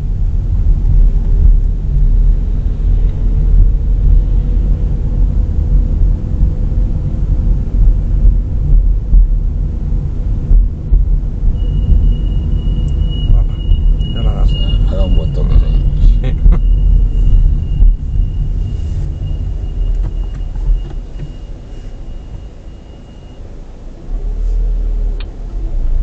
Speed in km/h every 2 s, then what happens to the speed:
19, 20, 24, 23, 22, 22, 23, 23, 18, 6, 0, 0, 5.
0-13 steady at about 22. 13-19 brakes to 0. 19-22 standing.